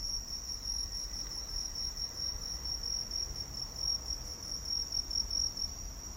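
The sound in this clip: Crickets giving a continuous high, shrill trill that holds steady without pause, over low rumbling background noise.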